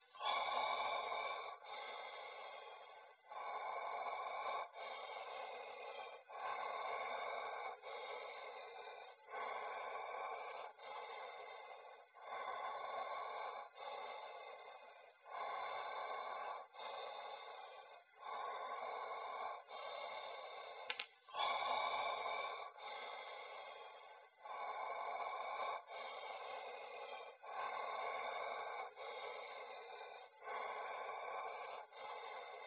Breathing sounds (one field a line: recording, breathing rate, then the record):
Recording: paced breathing near a phone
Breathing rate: 20 breaths a minute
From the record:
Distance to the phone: 20 cm